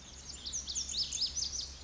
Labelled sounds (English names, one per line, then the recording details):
Lazuli Bunting
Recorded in Sonoma County, California